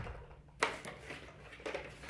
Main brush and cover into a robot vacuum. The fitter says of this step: and just snap everything into place